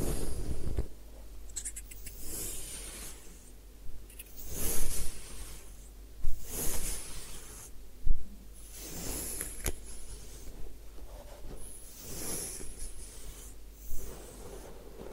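A head spa session: soft rubbing and scratching against hair and scalp, coming in short bursts roughly every one to two seconds. Brighter hissing swishes rise near 2, 5, 7, 9 and 12 seconds over a low steady hum, with a sharper tap around 8 seconds.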